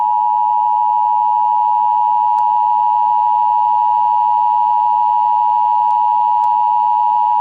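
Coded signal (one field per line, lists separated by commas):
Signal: Emergency Alert System (SAME) tones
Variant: 853 and 960 Hz attention tone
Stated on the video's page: Fan-made EAS recreation based on the game Parasite Eve with a retro 1997 style.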